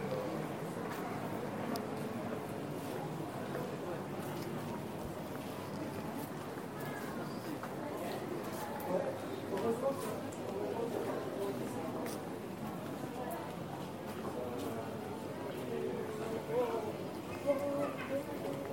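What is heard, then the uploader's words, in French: A crowded street in Taormina, Sicily, filled with a steady murmur of many overlapping voices. The chatter stays dense and even throughout, with occasional sharper clicks and knocks, perhaps footsteps or hooves, and a slightly louder voice near the seventeen-second mark. Taormina, Sicily, Italy. Enregistrements audio réalisés en milieu urbain. Sons des villes.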